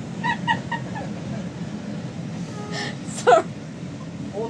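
A big, loud sneeze from an adult outdoors, amid whistles and background noise.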